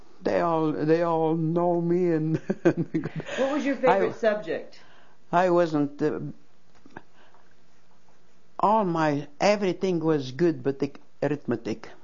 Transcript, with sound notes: They all know me and... ( she laughs )
What was your favorite subject?
I wasn't, all my, everything was good but arithmetic.